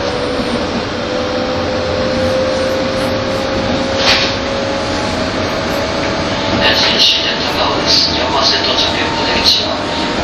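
A train running from Tokyo to Takao, its steady, dense rumble filling all ten seconds with a faint held whine threaded through it. Brief sharp clicks and rattles cut in near four seconds and again several times after seven, with murmuring voices underneath.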